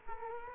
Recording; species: mosquito wingbeat signal from an infrared sensor; Culex quinquefasciatus